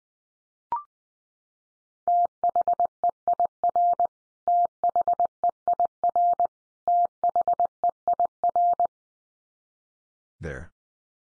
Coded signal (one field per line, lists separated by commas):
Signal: Morse code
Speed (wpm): 20 wpm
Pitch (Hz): 700 Hz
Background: none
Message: THEIR THEIR THEIR